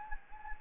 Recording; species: mosquito wingbeat signal from an infrared sensor; Anopheles gambiae